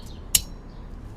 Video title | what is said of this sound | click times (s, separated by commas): How to: Wiper Blade Replace DIY Infiniti EX35 (EX37 as well) | And you should hear it snap in place. | 0.3 s